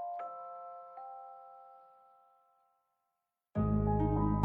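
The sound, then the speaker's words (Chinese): A two-note ding-dong chime rings out, the second tone about a second after the first, both fading slowly into silence before a loud burst of music starts. “叮咚，有声小说地球上线，感谢您的收听，更多精彩内容请听下集。”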